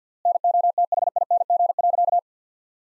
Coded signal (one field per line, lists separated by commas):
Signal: Morse code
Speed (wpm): 50 wpm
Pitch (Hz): 700 Hz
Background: none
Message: NOTHING.